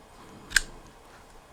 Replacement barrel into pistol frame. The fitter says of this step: it in so that that section there locks onto the pin and then just give it it down and